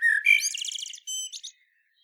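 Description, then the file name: Common blackbird phrase: a short fluty whistle followed by a fast, buzzy high twitter and a few thin closing notes. "Turdus merula"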